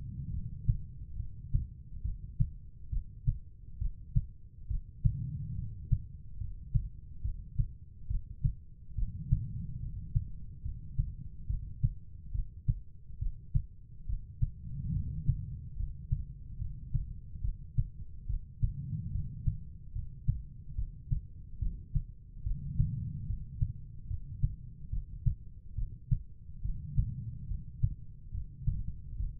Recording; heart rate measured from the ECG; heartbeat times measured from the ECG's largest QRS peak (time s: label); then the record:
heart sounds by stethoscope; 71 bpm
0.31 s: heartbeat
1.17 s: heartbeat
2.02 s: heartbeat
2.90 s: heartbeat
3.79 s: heartbeat
4.68 s: heartbeat
5.56 s: heartbeat
6.38 s: heartbeat
7.22 s: heartbeat
8.08 s: heartbeat
8.95 s: heartbeat
9.80 s: heartbeat
10.62 s: heartbeat
11.47 s: heartbeat
12.32 s: heartbeat
13.19 s: heartbeat
14.06 s: heartbeat
14.93 s: heartbeat
15.76 s: heartbeat
16.58 s: heartbeat
17.41 s: heartbeat
18.26 s: heartbeat
19.12 s: heartbeat
19.93 s: heartbeat
20.75 s: heartbeat
21.59 s: heartbeat
22.43 s: heartbeat
23.26 s: heartbeat
24.07 s: heartbeat
24.90 s: heartbeat
25.75 s: heartbeat
26.62 s: heartbeat
27.48 s: heartbeat
28.31 s: heartbeat
29.17 s: heartbeat
From the record:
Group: healthy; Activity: rest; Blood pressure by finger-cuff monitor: 112/72 mmHg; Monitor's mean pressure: 88 mmHg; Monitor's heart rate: 70 bpm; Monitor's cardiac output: 5.6 L/min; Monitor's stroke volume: 80 mL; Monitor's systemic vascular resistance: 1150 dyn s/cm5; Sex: female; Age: 43 years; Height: 160 cm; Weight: 90 kg